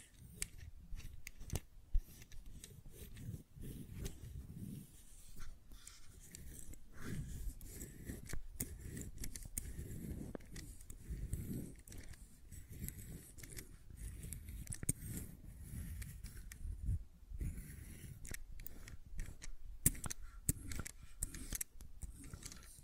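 Fidget cube tapping and clicking: dense, irregular sharp clicks and taps throughout, with snipping, scissor-like snaps over a low rumbling handling noise.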